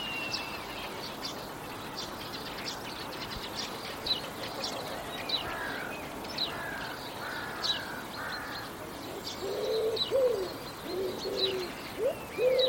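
Bird chirping, many short high chips throughout, joined near the end by low repeated cooing notes.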